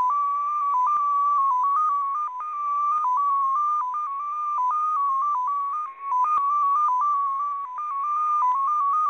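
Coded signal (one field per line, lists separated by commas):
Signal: multi-tone FSK (Olivia or MFSK type)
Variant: XPA2, 14-tone MFSK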